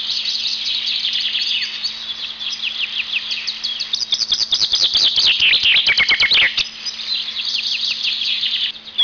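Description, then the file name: Chaffinch: busy twittering throughout, with a fast series of sharp repeated notes for a couple of seconds in the middle, over a low steady hum. "erdei pinty"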